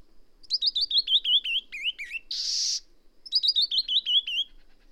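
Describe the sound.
Bird singing a rapid series of high, sharply slurred notes that fall steadily in pitch, broken by one harsh buzzy burst before the descending run repeats.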